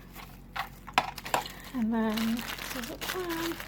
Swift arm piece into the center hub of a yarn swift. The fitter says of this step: in the center just like that that's how locks into place